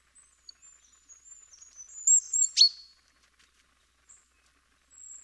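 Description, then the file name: Great tit calls: a run of thin, high, slightly wavering notes leading into two or three sharp, emphatic notes, then a faint high note near the end. "Parus major"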